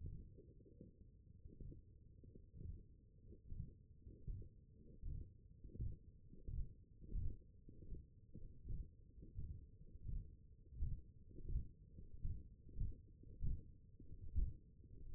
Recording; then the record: forearm muscle sounds (acoustic myography)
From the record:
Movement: hand opening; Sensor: system 1, eight BSWA MPA416 microphones around the upper forearm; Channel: 5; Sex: male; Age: 21 years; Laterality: right